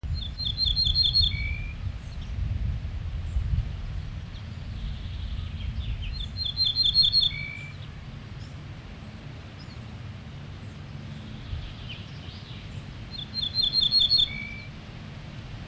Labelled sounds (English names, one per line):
Ortolan Bunting